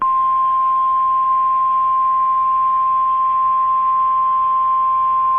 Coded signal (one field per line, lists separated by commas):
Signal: Emergency Alert System (SAME) tones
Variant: 1050 Hz attention tone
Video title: EAS Alerts #203-208: Apr 27, 2024 - Oklahoma Severe Weather Event